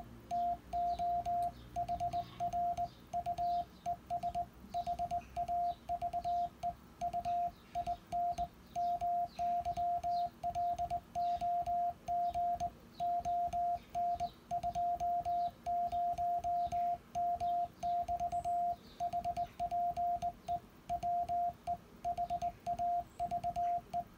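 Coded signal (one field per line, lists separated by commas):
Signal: Morse code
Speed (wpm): 21 wpm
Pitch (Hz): 700 Hz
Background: radio noise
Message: TO HR U ES HAVE U IN MY LOG ON 20M<BT> HPE WE HAVE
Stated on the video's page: Final over of an SKCC QSO, sent on a Begali Sculpture Arrow key.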